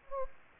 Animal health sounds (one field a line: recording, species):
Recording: mosquito wingbeat signal from an infrared sensor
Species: Anopheles gambiae